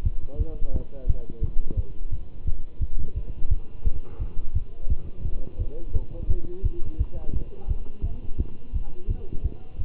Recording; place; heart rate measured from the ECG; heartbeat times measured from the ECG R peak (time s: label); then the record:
heart sounds by stethoscope; between the tricuspid and mitral areas; 172 bpm
0.04 s: heartbeat
0.38 s: heartbeat
0.73 s: heartbeat
1.07 s: heartbeat
1.42 s: heartbeat
1.76 s: heartbeat
2.11 s: heartbeat
2.46 s: heartbeat
2.80 s: heartbeat
3.15 s: heartbeat
3.49 s: heartbeat
3.84 s: heartbeat
4.19 s: heartbeat
4.54 s: heartbeat
4.89 s: heartbeat
5.24 s: heartbeat
5.59 s: heartbeat
5.93 s: heartbeat
6.28 s: heartbeat
6.63 s: heartbeat
6.98 s: heartbeat
7.33 s: heartbeat
7.68 s: heartbeat
8.03 s: heartbeat
8.38 s: heartbeat
8.73 s: heartbeat
9.08 s: heartbeat
9.43 s: heartbeat
9.78 s: heartbeat
From the record:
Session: Bruce protocol treadmill stress test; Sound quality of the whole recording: good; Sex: male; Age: 23 years